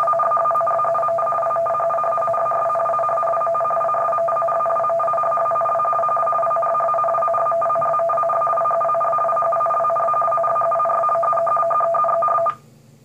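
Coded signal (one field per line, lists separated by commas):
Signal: radiosonde or satellite telemetry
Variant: RTTY 50 baud, 500 shift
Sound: continuous warbling two-tone chatter, rapid alternation between low and high pitch, stopping abruptly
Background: radio static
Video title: Sonda RS41 nadająca RTTY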